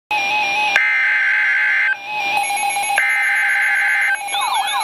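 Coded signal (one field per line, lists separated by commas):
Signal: Emergency Alert System (SAME) tones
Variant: header bursts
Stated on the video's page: Severe thunderstorm warning EAS tones from NOAA weather radio station in Milwaukee, WI.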